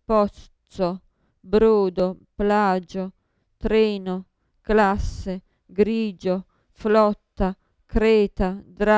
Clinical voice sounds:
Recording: read list of words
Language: Italian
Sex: female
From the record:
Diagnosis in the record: Parkinson's disease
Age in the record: 54 years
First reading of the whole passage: 55 s, 9.4 characters per second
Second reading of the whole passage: 50 s, 10.4 characters per second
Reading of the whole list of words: 55 s, 5.1 characters per second

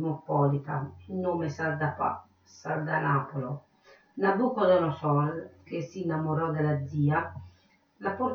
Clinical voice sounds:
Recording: read passage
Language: Italian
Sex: female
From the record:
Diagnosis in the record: Parkinson's disease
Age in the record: 63 years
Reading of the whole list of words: 61 s, 4.6 characters per second

